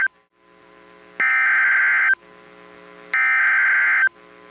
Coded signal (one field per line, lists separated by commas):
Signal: Emergency Alert System (SAME) tones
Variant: header bursts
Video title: Laclede County, MO Civil Emergency Messages EAS Audio | 04/23/2024